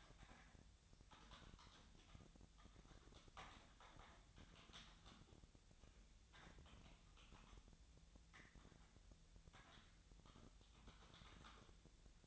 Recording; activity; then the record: daily activity, microphone in the room; typing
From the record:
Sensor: 3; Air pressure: 1009.4 hPa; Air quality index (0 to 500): 196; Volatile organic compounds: 16 ppm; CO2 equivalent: 2552 ppm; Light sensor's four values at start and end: 36/89/38/41 and 36/89/38/41